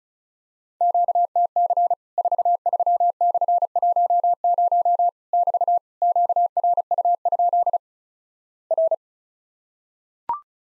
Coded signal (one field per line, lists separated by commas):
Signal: Morse code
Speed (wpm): 36 wpm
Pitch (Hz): 700 Hz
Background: none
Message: QTC 43/10 <BT> QRU? R